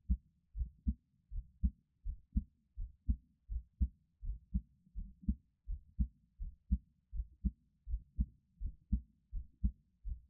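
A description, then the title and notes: A heartbeat thumps low, about twenty-eight dull beats in ten seconds, steady and regular with a soft murmur between them. 台灣ASMR | 獻上我的心跳 | Give my Heartbeat | NO Talking.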